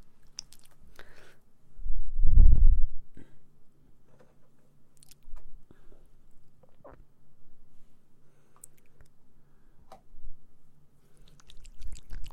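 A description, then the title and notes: ASMR mouth sounds and ear cleaning: scattered soft clicks, taps and wet smacks arrive irregularly over a low steady hum. A heavier rustling burst swells around two to three seconds, and brief sharp ticks return near ten and twelve seconds. ASMR Mouth Sounds Ear Cleaning.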